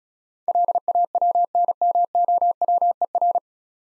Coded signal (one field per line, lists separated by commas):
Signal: Morse code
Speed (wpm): 36 wpm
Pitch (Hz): 700 Hz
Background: none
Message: LAWNMOWER